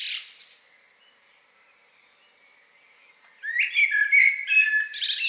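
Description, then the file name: Common blackbird singing: a high twitter fades out, a long pause follows, then a fresh mellow fluted phrase begins with rich warbled notes. "Turdus merula"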